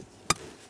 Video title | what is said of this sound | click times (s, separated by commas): How to Replace Left Main Temperature HVAC Blend Door Actuator 2007-2013 Acura MDX | listen for a click from that give it a tug make sure that's properly secured now before we go any further | 0.3 s